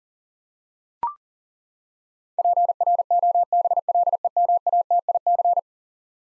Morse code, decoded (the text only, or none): PROBLEMATIC